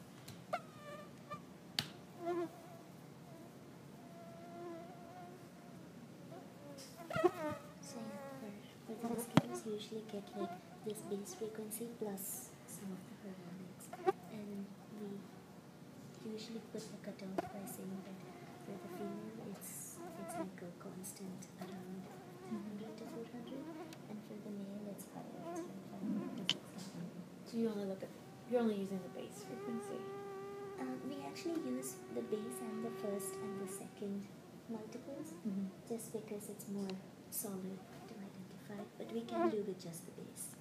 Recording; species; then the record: mosquito flight sound by mobile phone; Culex quinquefasciatus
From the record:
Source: SanMateoVCD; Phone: iPhone 4S